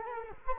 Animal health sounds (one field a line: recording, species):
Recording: mosquito wingbeat signal from an infrared sensor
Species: Culex quinquefasciatus